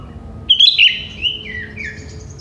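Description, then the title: Sooty-headed bulbul song: a short burst of bubbly, liquid whistled notes around half a second in, then a gliding falling phrase, over faint low background hum. "Kutilang"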